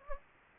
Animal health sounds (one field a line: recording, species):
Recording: mosquito wingbeat signal from an infrared sensor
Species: Anopheles gambiae